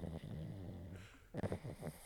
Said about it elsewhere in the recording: Winnie is snoring. It sounds like a grown-ass man. My 22-pound dog snores like a fucking gorilla.